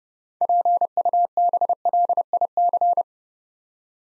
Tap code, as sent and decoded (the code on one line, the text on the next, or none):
none